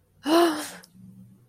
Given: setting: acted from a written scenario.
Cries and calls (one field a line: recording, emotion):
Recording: vocal sound without words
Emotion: distress